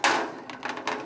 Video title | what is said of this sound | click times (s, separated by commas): Snack Vending Machine Vend Motors Explained: Operation, Removal, & Troubleshooting Tips | and that gets locked into place | 0.0 s